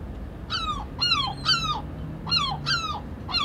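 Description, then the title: Herring gull giving a rhythmic series of several loud, harmonic, downward-slurred yelps, with a faint low hum beneath. "Harmaalokki"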